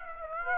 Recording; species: mosquito wingbeat signal from an infrared sensor; Aedes aegypti